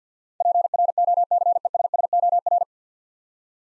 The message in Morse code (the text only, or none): PROCESSOR